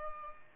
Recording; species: mosquito wingbeat signal from an infrared sensor; Aedes albopictus